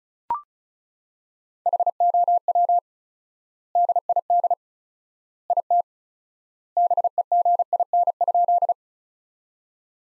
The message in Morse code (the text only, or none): HOW DID IT BEGIN?